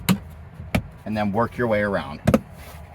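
A plastic center console side trim panel on a 2025–2026 Ford Bronco Sport is handled as it is slid forward to line up its clips before being pressed in around its edge. Sharp knocks are heard at 0.1 s and 0.8 s, someone talks, and two more knocks come near 2.3 s. Nothing has seated or clicked yet.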